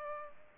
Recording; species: mosquito wingbeat signal from an infrared sensor; Culex pipiens